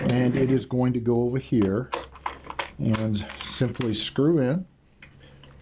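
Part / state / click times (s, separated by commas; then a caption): pendant controller cable plug into electric hoist socket / seated / 5.0 s, 5.4 s. Someone talks while lining up a wired pendant controller's cable plug on the socket of a 550 lb electric hoist and screwing it in. Two ticking clicks follow at 5.0 s and 5.4 s as the plug locks in place, seated.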